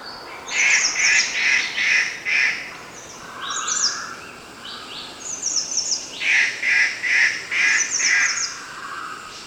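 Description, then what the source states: Bornean treepie giving two runs of five harsh, ringing notes in rapid even rhythm, interspersed with high thin whistles and a lower mellow phrase between runs. Recorded 1 August 2009.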